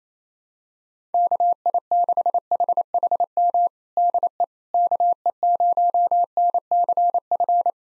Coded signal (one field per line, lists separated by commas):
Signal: Morse code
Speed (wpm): 27 wpm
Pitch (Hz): 700 Hz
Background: none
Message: KI6HHM DE KE0NCF